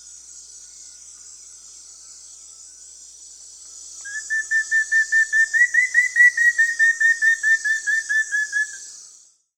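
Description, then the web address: Rufous-fronted antthrush giving a long series of short whistled notes that rise slightly in pitch, then fall, over steady high background hiss. Recorded in the Amazon of Peru. "S America Birds of the Amazon. Rufous-fronted Antthrush (Formicarius rufifrons), Peru"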